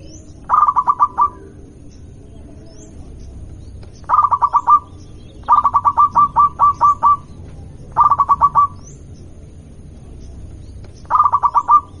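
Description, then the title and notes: Zebra dove singing rapid runs of short, bouncing coo notes, five phrases spread throughout, with steady low rumble behind. Local zebra dove, singing. "Kicau Perkutut Lokal. Kicau Burung Perkutut"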